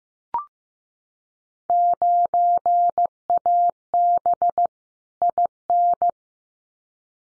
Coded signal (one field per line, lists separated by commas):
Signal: Morse code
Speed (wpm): 15 wpm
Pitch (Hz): 700 Hz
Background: none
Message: 9AB IN